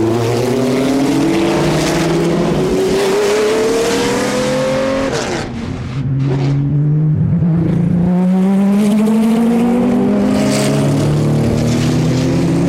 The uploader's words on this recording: Sounds of Vintage IMSA GTP and Group C at Monterey. The 2017 Rolex Monterey Motorsports Reunion weekend at Laguna Seca gave us some amazing sounds from the assembled IMSA GTP and European Group C prototypes. With our trusty audio recorder atop the famous Corkscrew, capturing Porsche 962s and Mazda 767Bs and all manner of unhinged cars powering down the hill.